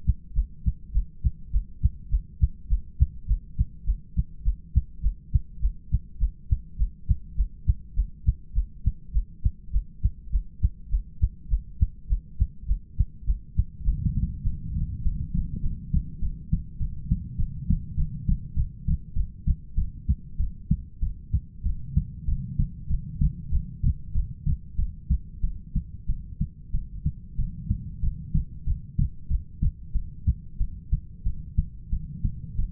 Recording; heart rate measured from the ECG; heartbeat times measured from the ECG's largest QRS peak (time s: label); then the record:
heart sounds by stethoscope; 99 bpm
0.33 s: heartbeat
0.92 s: heartbeat
1.51 s: heartbeat
2.09 s: heartbeat
2.67 s: heartbeat
3.26 s: heartbeat
3.84 s: heartbeat
4.43 s: heartbeat
5.01 s: heartbeat
5.60 s: heartbeat
6.18 s: heartbeat
6.76 s: heartbeat
7.35 s: heartbeat
7.94 s: heartbeat
8.53 s: heartbeat
9.11 s: heartbeat
9.71 s: heartbeat
10.30 s: heartbeat
10.89 s: heartbeat
11.48 s: heartbeat
12.07 s: heartbeat
12.66 s: heartbeat
13.24 s: heartbeat
13.83 s: heartbeat
14.42 s: heartbeat
15.02 s: heartbeat
15.61 s: heartbeat
16.20 s: heartbeat
16.78 s: heartbeat
17.37 s: heartbeat
17.95 s: heartbeat
18.55 s: heartbeat
19.14 s: heartbeat
19.76 s: heartbeat
20.38 s: heartbeat
21.01 s: heartbeat
21.64 s: heartbeat
22.26 s: heartbeat
22.88 s: heartbeat
23.50 s: heartbeat
24.13 s: heartbeat
24.77 s: heartbeat
25.42 s: heartbeat
26.08 s: heartbeat
26.72 s: heartbeat
27.37 s: heartbeat
28.01 s: heartbeat
28.66 s: heartbeat
29.29 s: heartbeat
29.94 s: heartbeat
30.59 s: heartbeat
31.25 s: heartbeat
31.91 s: heartbeat
32.57 s: heartbeat
From the record:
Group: heart failure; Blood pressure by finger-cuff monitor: 67/49 mmHg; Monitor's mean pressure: 55 mmHg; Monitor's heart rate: 102 bpm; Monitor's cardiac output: 7.2 L/min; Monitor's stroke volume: 71 mL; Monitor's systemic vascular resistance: 520 dyn s/cm5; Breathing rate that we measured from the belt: 11 breaths a minute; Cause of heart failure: ischemic heart disease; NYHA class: 1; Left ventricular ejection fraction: 38%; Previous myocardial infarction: absent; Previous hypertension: absent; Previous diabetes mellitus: present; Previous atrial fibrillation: absent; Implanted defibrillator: absent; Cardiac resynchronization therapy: absent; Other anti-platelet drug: absent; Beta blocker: bisoprolol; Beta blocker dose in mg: 15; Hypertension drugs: sacubitril-valsartan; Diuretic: furosemide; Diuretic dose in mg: 20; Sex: male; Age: 33 years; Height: 172 cm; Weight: 78.5 kg